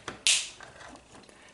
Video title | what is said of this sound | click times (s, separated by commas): Transformers WFC Kingdom Voyager Class Dinobot ll Figure Review Ep. 38 | straighten out the legs and fold in this panel all the way until you hear a click | 0.3 s